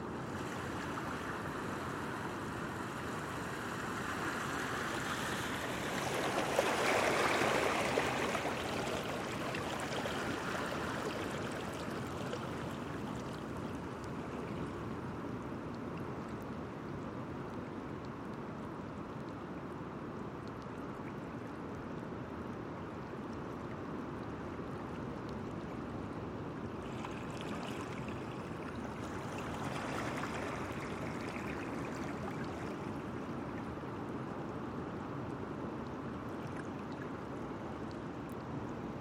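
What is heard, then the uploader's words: Surf churns against a rocky headland in a steady, dense roar weighted toward the low and middle range. A brighter, louder wave surge washes in around seven seconds, with softer swells near eleven and again around twenty-seven to thirty-one seconds. Cape Disappointment State Park in Washington. The rocky headland near Beards Hollow.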